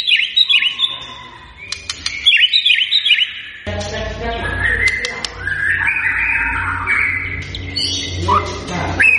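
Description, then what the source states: White-rumped shama song: rich, varied whistled phrases with repeated rising notes and sharp clicks, then a busier stretch of overlapping warbles over a low steady hum. Lure recording meant to make the bird respond; described as a strongly singing bird.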